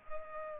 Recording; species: mosquito wingbeat signal from an infrared sensor; Culex pipiens